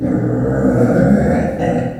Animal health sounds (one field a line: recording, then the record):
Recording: squeal of a Yucatan mini pig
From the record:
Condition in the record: after surgery on the right vocal fold (resection and tissue-engineered implant)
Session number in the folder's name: 2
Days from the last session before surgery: 18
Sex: female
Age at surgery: 19 weeks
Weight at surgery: 25 kg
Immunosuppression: prednisolone